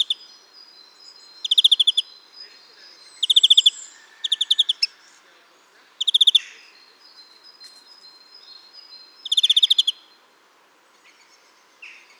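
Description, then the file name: European greenfinch calling in quick buzzy trill bursts at uneven intervals, several bursts in all, over faint thin whistled notes in the background. "Chloris chloris"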